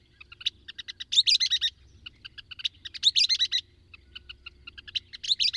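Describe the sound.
Bird song of high chattering notes, quieter ticks leading into loud rattling bursts roughly every two seconds, with soft low background rumble.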